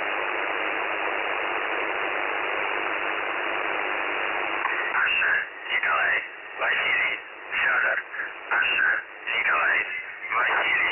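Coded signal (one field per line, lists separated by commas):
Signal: numbers station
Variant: UVB-76, Russian voice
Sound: radio hiss, then a voice reading short words separated by brief pauses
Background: radio static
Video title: The Buzzer/UVB-76 Voice Message (December 1, 2020 10:57 UTC)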